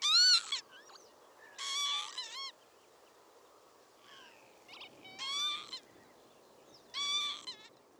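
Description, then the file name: Northern lapwing calling in bursts of nasal, slurred notes, with a few fainter calls in between, against soft background noise. "Vanneau-huppé-Vanellus-vanellus"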